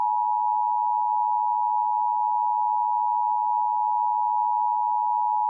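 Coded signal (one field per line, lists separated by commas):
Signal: Emergency Alert System (SAME) tones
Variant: 853 and 960 Hz attention tone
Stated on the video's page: Fictional alien invasion scenario using an Emergency Action Notification.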